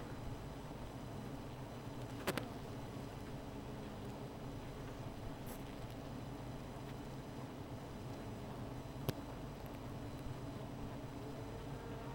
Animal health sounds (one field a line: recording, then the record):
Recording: honeybee colony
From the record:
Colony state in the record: missing queen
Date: 14 July 2017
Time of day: 16:30